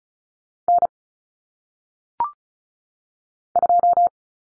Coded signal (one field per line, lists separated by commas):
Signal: Morse code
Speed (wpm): 36 wpm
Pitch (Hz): 700 Hz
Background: none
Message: N 2